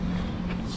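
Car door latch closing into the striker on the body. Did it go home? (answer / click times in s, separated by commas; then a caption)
no / none. A car door latch on an XL6 six-seater is being moved toward the striker on the body as the door is swung shut while someone moves from the front seat to the second row. Only a steady low hum with broadband background noise is heard, with no sharp impact. Nothing has seated or latched yet.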